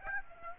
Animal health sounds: mosquito wingbeat signal from an infrared sensor; Aedes aegypti

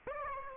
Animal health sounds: mosquito wingbeat signal from an infrared sensor; Aedes aegypti

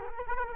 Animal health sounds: mosquito wingbeat signal from an infrared sensor; Culex quinquefasciatus

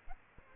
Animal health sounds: mosquito wingbeat signal from an infrared sensor; Aedes aegypti

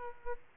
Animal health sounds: mosquito wingbeat signal from an infrared sensor; Aedes aegypti

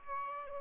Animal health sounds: mosquito wingbeat signal from an infrared sensor; Aedes aegypti

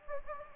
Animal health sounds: mosquito wingbeat signal from an infrared sensor; Anopheles gambiae

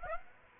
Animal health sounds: mosquito wingbeat signal from an infrared sensor; Aedes aegypti

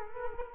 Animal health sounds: mosquito wingbeat signal from an infrared sensor; Culex quinquefasciatus

